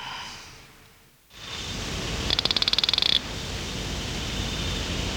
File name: Cophixalus hosmeri